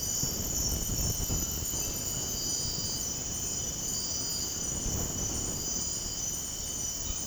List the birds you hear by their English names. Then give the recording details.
none. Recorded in dense forest near Puerto Asís, Putumayo, Colombia, on 19 February 2024 at 04:00. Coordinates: 0.486, -76.316. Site G6437